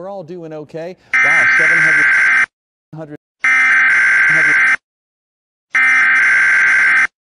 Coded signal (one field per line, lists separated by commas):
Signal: Emergency Alert System (SAME) tones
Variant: header bursts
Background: speech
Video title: | EAS Scenario - War Of Worlds ( Trailer / Test ) |